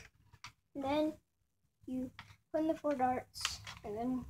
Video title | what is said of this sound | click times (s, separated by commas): Nerf Zombiestrike Crossfire bow review part 1 | You pull this back till you hear that click. | 0.4 s